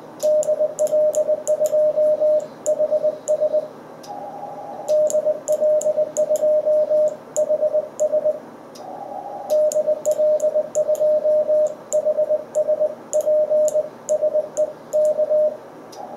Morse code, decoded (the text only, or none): DL2HS DL2HS DL2HS PSE K